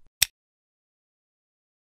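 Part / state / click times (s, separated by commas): medication vial into nebulizer medication cap / seated / 0.2 s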